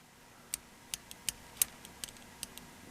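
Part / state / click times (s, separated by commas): quarter inch driver arm in a folding multi-tool body / not seated / none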